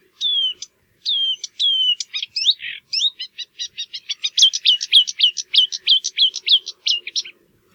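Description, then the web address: Marsh warbler song opening with a few slurred whistled notes, then a rapid run of many varied chirping notes. "geluiden bosrietzanger"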